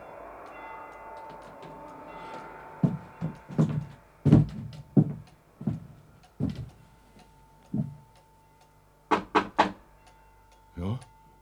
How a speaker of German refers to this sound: Noch einer? Ich hab mir so gleich gedacht, dass dieser Fremder ist. So Klopfer ist bei mir nicht der Brauch.